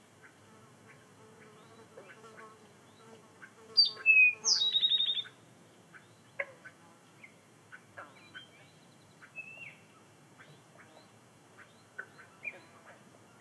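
A low, steady insect hum runs through the whole recording at a pond in Minnewaska State Park. Around the four-second mark a small bird sings a loud burst of bright, sliding notes, followed by scattered short chirps and clicks until the end.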